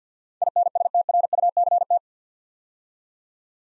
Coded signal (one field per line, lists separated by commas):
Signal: Morse code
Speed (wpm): 50 wpm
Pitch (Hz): 700 Hz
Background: none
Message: INSTRUCT